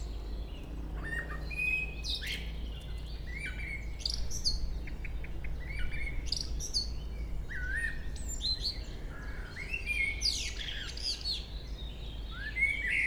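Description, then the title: Common blackbird song: low fluty phrases followed by squeaky high twitters, repeated throughout over a steady low rumble. Local blackbird singing at Chemin des cris, Chindrieux, France. "Chemin des cris, Chindrieux, France - Merle"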